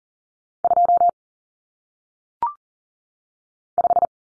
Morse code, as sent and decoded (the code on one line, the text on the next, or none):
..--- / .....
2 5